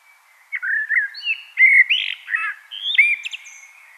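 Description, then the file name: Common blackbird song phrase: fluted slurred whistles and short rising notes, with a few thin high squeaks near the end. "Turdus merula"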